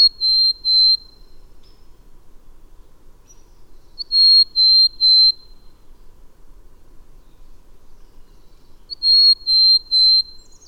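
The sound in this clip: Bird song of pure, high whistled notes in groups of three, the first group cut short, each full group starting with a brief rising flick, repeated about every five seconds.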